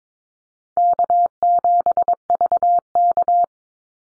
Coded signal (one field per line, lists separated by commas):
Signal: Morse code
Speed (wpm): 22 wpm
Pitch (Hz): 700 Hz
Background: none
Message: K7VK